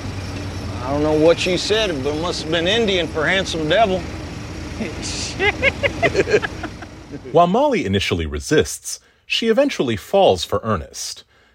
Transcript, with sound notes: I don't know what you said, but it must have been Indian for handsome devil.
(LAUGHTER)
While Mollie initially resists, she eventually falls for Ernest.